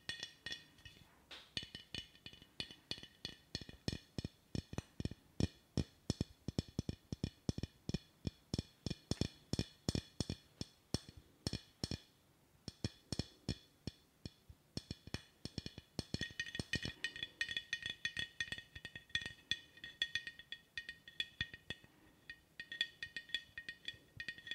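Rapid, uneven tapping runs almost without pause, each tap a sharp, bright click with a light glassy clink to it. The taps come in quick bursts with brief gaps near 12 and 15 seconds, and a faint high ringing tone lingers beneath them.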